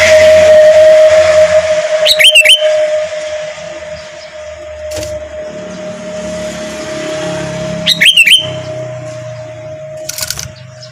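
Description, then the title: Sooty-headed bulbul sings two short, liquid whistled phrases about six seconds apart, with a steady mechanical whistle tone and traffic noise throughout. "Kutilang"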